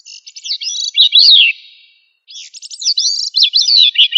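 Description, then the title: Thrush song: two quick phrases of bright, warbling whistles with looping, slurred notes, the second beginning after a short silence and running to the end. "Familia Turdidae - Sabia"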